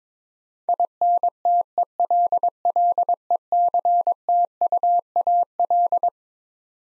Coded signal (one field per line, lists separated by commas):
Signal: Morse code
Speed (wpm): 22 wpm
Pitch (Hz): 700 Hz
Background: none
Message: INTELLECTUAL